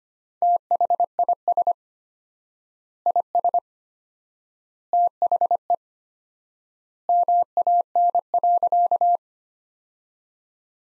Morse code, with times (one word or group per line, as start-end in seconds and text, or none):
0.4-1.7 THIS
3.1-3.6 IS
4.9-5.7 THE
7.1-9.2 MAN.